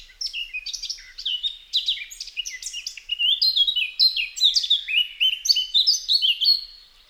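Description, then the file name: Eurasian blackcap warbling song, a lively stream of varied notes that becomes louder and richer halfway through, with many short fluty phrases. "Sylvia atricapilla"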